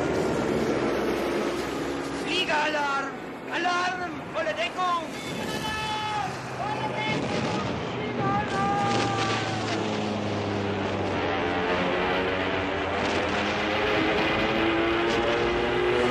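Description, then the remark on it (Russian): Soviet aircraft engines drone steadily overhead while sharp bursts of bombing break through early on, then a loud, continuous engine roar fills the rest, with a voice partly heard beneath. “По небу летят советские самолеты. Начинается бомбежка.”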